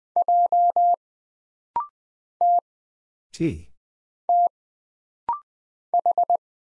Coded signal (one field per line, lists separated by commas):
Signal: Morse code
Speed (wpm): 20 wpm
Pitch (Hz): 700 Hz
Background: none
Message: J T T H